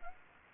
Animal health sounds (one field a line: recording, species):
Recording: mosquito wingbeat signal from an infrared sensor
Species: Anopheles gambiae